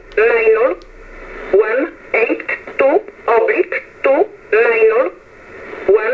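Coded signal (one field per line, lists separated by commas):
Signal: numbers station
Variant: E11 Oblique, English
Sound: short clipped spoken words, evenly spaced, thin radio-bandwidth voice over faint hiss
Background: radio static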